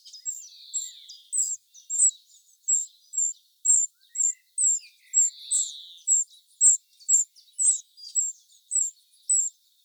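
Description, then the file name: Eurasian wren giving repeated high clicking calls near two per second, with buzzy lower churrs at the start and middle. "Troglodytes troglodytes"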